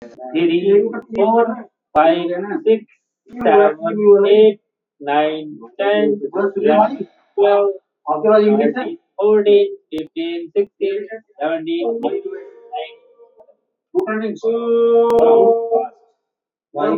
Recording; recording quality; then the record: shallow breathing; poor, much background noise or distortion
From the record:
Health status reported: healthy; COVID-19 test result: not tested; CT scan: not taken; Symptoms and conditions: none ticked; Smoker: yes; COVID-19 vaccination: both doses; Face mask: worn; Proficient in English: yes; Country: India